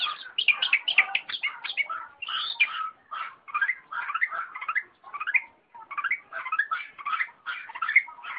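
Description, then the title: Long-tailed shrike pouring out a dense, continuous jumble of chirps, trills and whistles, in bursts separated by short pauses. A combination song. "Cendet Kombinasi"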